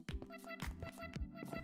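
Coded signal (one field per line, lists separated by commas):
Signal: none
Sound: game sound beeps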